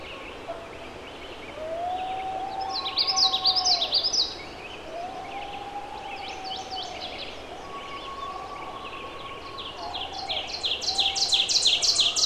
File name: wolf pups